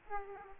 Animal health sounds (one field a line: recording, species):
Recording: mosquito wingbeat signal from an infrared sensor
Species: Aedes aegypti